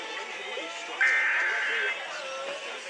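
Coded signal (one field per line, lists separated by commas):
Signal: Emergency Alert System (SAME) tones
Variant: header bursts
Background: speech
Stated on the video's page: Received on FM broadcast stations at 101.1, 96.5, 95.7, 89.1 and 103.1 MHz, some HD.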